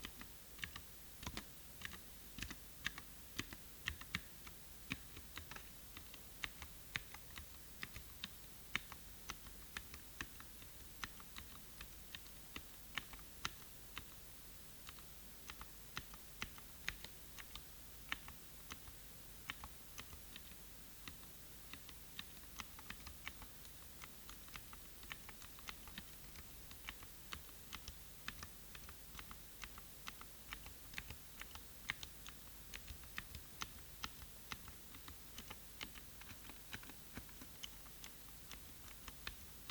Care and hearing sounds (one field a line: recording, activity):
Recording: daily activity, guitar pickup as the sensor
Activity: type